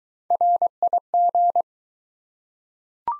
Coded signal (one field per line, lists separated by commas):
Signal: Morse code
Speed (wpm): 20 wpm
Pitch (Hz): 700 Hz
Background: none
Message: RIG